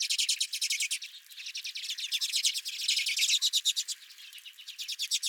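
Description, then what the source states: Redpoll flock calls, quick buzzy chips overlapping in steady bursts, with brief softer lulls between louder runs. Several redpolls recorded at the recordist's own bird feeder.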